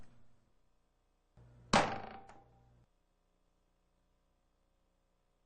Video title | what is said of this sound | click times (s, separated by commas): Maple Ridge Supply Quik Crafter | Then with your index fingers, pull it down and toward you. It should snap into place. | 1.7 s